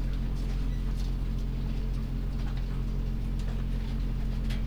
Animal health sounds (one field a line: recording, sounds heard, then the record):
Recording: poultry house recording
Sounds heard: sick chickens (respiratory disease)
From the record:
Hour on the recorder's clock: 2